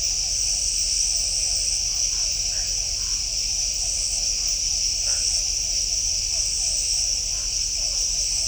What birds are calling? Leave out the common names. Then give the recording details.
none. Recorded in shrubland near Pivijay, Magdalena, Colombia, on 3 June 2023 at 00:30. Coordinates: 10.453, -74.365. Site P5-G022